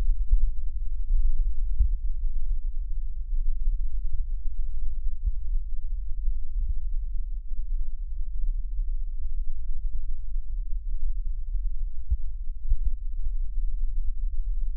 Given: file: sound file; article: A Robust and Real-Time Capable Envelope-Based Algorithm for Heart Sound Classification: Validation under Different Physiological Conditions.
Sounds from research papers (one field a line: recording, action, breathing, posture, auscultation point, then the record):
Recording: heart sounds by electronic stethoscope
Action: rest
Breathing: normal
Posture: sitting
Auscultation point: centre of the back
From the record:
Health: healthy, no known heart disease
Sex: male